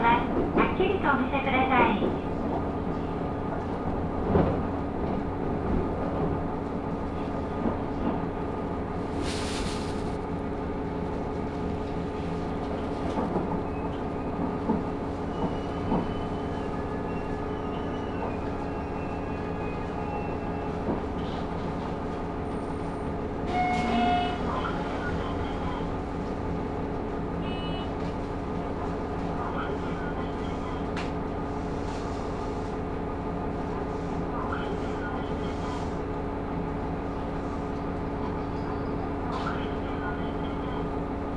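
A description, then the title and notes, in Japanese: A replacement bus on the Hitahikosan Line drones steadily with a low engine hum, with occasional clatters and brief bright rattles around 10 and 24 seconds. 日田彦山線代行バス 大鶴→夜明 久大本線 夜明→日田。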